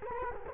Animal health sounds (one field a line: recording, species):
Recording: mosquito wingbeat signal from an infrared sensor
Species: Culex quinquefasciatus